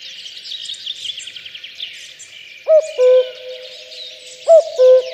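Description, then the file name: Common cuckoo: songbirds chirp alone at first, then a common cuckoo calls its two-note cu-coo twice near the end. "kakukk hangja"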